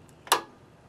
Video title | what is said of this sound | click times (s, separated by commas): 2003 Toro Personal Pace Model 20017: Engine Brake Cable Replacement | it snaps into place. That's it. | 0.3 s